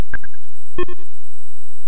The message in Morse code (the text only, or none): none